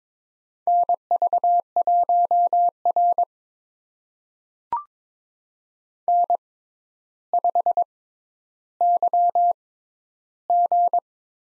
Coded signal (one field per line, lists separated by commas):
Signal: Morse code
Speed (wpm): 22 wpm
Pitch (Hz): 700 Hz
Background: none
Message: NV1R N5YG